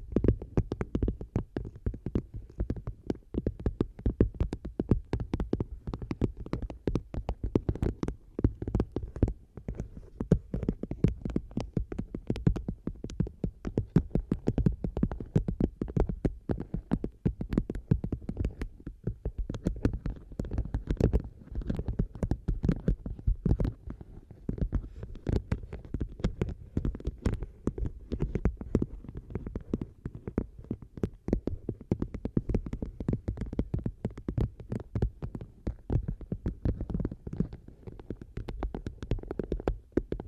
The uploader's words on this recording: ASMR Tapping 6 Random Tingly Objects On The Mic,(No Talking).